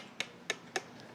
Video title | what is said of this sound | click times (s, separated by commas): HSN - Chef Curtis Stone Holiday Gifts 12.14.2024 - 09 PM | did you hear that click click click click five different um it does | 0.2 s, 0.5 s, 0.8 s, 1.0 s